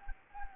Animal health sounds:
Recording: mosquito wingbeat signal from an infrared sensor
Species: Anopheles gambiae

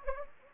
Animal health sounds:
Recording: mosquito wingbeat signal from an infrared sensor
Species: Anopheles gambiae

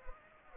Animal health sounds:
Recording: mosquito wingbeat signal from an infrared sensor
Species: Anopheles arabiensis

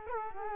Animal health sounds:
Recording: mosquito wingbeat signal from an infrared sensor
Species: Culex quinquefasciatus

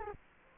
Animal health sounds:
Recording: mosquito wingbeat signal from an infrared sensor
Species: Culex quinquefasciatus

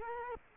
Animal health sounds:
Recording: mosquito wingbeat signal from an infrared sensor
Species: Culex quinquefasciatus

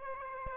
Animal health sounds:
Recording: mosquito wingbeat signal from an infrared sensor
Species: Aedes aegypti

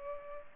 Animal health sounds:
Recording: mosquito wingbeat signal from an infrared sensor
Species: Culex pipiens

